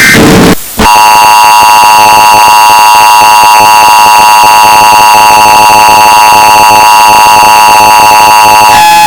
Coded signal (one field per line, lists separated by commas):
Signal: Emergency Alert System (SAME) tones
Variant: 853 and 960 Hz attention tone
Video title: None Islands EAS Alarm 1918